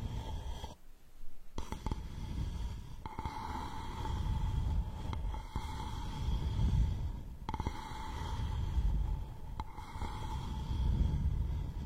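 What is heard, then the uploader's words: Straw therapy ear digging: a dense, muffled rumbling and rustling that swells and fades in slow waves, with a thin steady whistling tone running underneath. The sound drops out briefly near the first second, and abrupt clicks or shifts break in every two seconds or so. Unique straw therapy ear digging experience.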